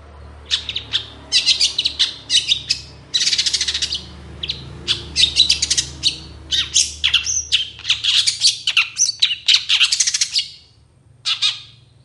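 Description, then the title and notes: Long-tailed shrike song: a dense run of harsh, scratchy chattering bursts and squeaky notes, delivered in quick clusters with brief pauses, ending in a short final phrase. Morning singing by an actively singing long-tailed shrike, with a 'toet toet' variation of notes. "Cendet Gacor Dor Di Kala Pagi Toet Toet Variasi Suara. Burung cendet"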